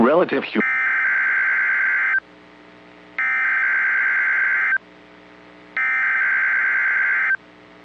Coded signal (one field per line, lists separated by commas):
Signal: Emergency Alert System (SAME) tones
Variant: header bursts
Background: speech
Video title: EAS Alerts from 3/4/2025 (Severe Thunderstorms, Tornadoes and a High Wind Warning!)